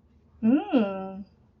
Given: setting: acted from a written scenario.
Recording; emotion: vocal sound without words; pride